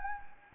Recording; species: mosquito wingbeat signal from an infrared sensor; Anopheles gambiae